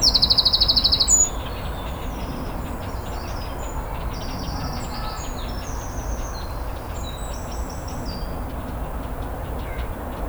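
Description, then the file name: Eurasian wren song: a burst of rapid, high, repeated notes at the start, then scattered thin high notes over a steady low rumble. "Troglodytes troglodytes"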